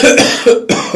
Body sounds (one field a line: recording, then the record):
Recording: coughing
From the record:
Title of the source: Spring Cold Coughing 3